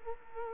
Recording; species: mosquito wingbeat signal from an infrared sensor; Culex quinquefasciatus